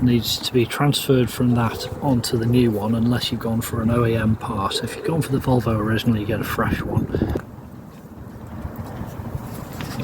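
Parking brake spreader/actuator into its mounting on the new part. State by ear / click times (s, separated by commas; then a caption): seated / 9.8 s. Someone talks while working on the parking brake of a Volvo XC90, then the talking stops and quieter handling follows as the parking brake spreader/actuator is pushed onto the new brake part. At 9.8 s a short, sharp click is heard as its small retaining clip clicks into place, seating the actuator.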